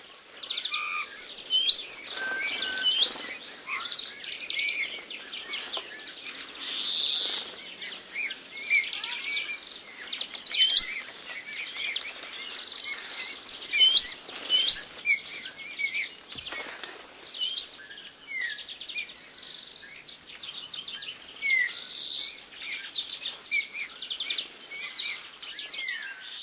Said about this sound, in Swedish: Och det var domherren som vi kan känna igen från alla julkort och adventskalendrar och sådär.